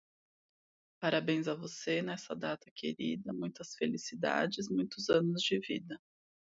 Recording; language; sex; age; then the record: short text; Brazilian Portuguese; female; 30 to 39 years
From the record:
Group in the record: control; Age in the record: 36 years